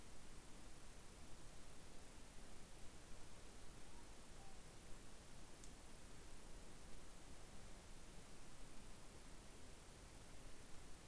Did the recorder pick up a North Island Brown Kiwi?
no